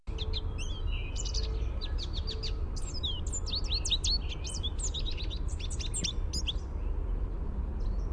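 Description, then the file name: American goldfinch contact song, a dense run of high twittering chips and slurred notes, with low rumbling background noise. Contact song, described as a "sweeet" note. "AMGO contact song sweeet"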